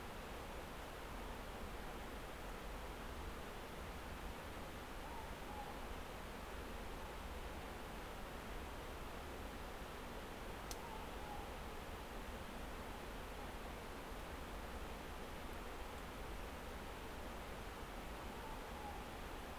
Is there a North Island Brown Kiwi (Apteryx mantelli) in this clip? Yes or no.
no